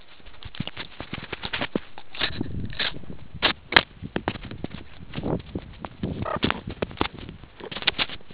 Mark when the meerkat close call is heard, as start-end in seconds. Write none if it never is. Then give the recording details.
6.25-6.39. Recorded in the Kuruman River Reserve, South Africa. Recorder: an audio tag on a meerkat's collar